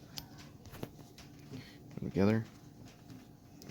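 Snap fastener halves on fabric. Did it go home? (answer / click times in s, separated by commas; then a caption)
yes / 3.6 s. Two halves of a snap fastener, newly set into fabric, are squeezed together to demonstrate the repair while someone talks. After the talking, a sharp click at 3.6 s marks the snap closing shut and seating.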